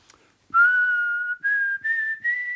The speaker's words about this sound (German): Sag mal, wie machst du das eigentlich? Das klingt sehr schön. Wie ich pfeife? Ja. Na, das ist doch ganz einfach. Wie? Einen Mund spitz machen und durchblasen. So.